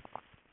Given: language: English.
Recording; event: throat vibration sensor signal played as sound; swallow